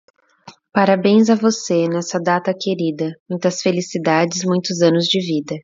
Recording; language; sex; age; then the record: short text; Brazilian Portuguese; female; 30 to 39 years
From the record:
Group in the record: control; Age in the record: 34 years